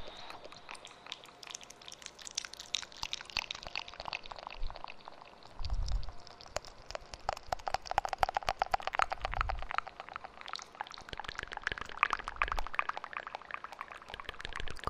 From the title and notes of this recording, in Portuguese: Uma hora de ASMR de sons de boca com eco no microfone 3DIO.